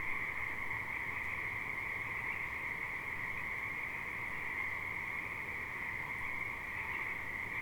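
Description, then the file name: Many frogs calling together, a constant high-pitched trilling wash with no breaks. Alsea River. "Frogs at Alsea River"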